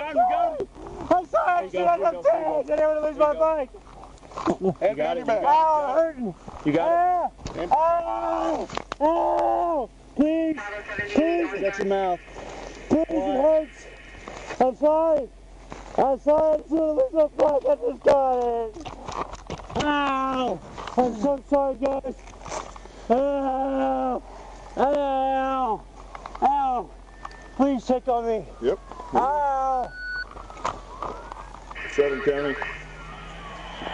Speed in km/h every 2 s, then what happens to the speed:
0, 0, 0, 0, 0, 0, 0, 0, 0, 0, 0, 0, 0, 0, 0, 0, 0.
0-34 standing.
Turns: none.